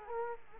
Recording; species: mosquito wingbeat signal from an infrared sensor; Culex quinquefasciatus